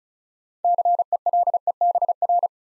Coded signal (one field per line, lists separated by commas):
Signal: Morse code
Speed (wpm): 36 wpm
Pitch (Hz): 700 Hz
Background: none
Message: CELEBR